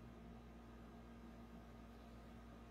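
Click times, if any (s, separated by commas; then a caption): none. An electrode that has just been slid onto its conductor is turned on by hand until hand tight, before a torque wrench is used. Only a steady, even hum with low tonal droning is heard throughout, with no sudden sounds. Nothing has clicked or seated yet.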